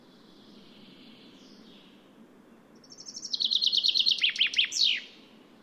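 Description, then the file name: Common chaffinch song: a fast descending trill of crisp notes closing with a downslurred flourish. A faint, thin call sounds earlier over a steady background hiss. "Fringilla coelebs"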